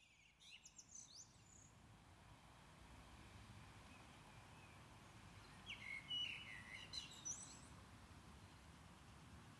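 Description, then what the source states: Common blackbird with a high twitter at the start, then after a quiet gap a short fluting phrase ending in squeaky notes, with steady hiss throughout. Recorded at Maindy.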